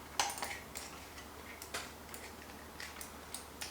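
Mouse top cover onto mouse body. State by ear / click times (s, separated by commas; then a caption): not seated / none. A plastic top cover that was removed from a mouse is handled as it is put back onto the mouse body. Sharp ticks and taps are heard, the strongest at 0.2 s and quieter ones around 0.8, 1.8, 3.0 and 3.3 s. Nothing has seated or clicked into place yet.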